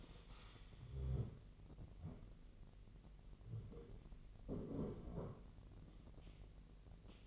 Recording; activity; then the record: daily activity, microphone in the room; stand up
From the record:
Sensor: 4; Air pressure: 1002.4 hPa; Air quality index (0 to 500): 248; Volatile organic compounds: 38 ppm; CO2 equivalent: 3109 ppm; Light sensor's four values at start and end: 11/25/10/10 and 11/25/10/10